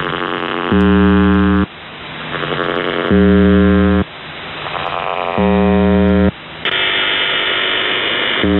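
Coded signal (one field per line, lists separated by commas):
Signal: channel marker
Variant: UVB-76 (The Buzzer)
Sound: harsh low buzz about one second long, repeating roughly every two seconds, four buzzes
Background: radio static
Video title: The Buzzer/UVB-76(4625Khz) April 10th, 2023 Voice messages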